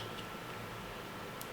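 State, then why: Not seated. A White Owl Mods acrylic drip tip with a thin O-ring is pushed into the top cap of a vape atomizer. Under a steady low hiss there is only one faint, brief tick near 1.4 s. The tip does not click into place and sits a bit loose, so nothing has seated or clicked.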